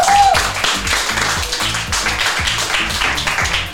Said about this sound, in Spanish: Un aplauso más grande aún.